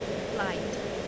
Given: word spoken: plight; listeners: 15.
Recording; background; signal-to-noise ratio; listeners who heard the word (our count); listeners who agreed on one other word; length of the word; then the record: one English word in noise, from a listening test; speech-shaped noise; -4.4 dB; 0 of 15; 12 of 15; 0.68 s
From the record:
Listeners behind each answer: 12, 2, 1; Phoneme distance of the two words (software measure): 10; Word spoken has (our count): 1 syllable, 4 phonemes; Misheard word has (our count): 1 syllable, 4 phonemes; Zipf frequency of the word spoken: 3.52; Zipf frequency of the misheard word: 4.58